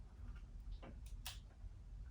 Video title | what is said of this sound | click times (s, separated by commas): unboxing + LUMIX G7 | you hear a click once it's in | 1.3 s